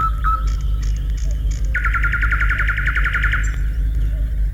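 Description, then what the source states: Nightingale song: a few whistled notes, then a fast, even rattle of pulsed notes lasting nearly two seconds, over a steady low rumble. Forest; sings from nearby bushes after sunrise, once the noisy dawn chorus of many birds has partly quietened.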